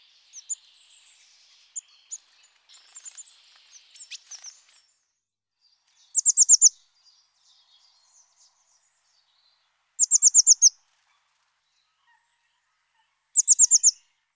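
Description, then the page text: Eurasian blue tit song: a few thin high notes at first, then three bursts of about six rapid high trilled notes, spaced about three to four seconds apart. "Mésange bleue. chant"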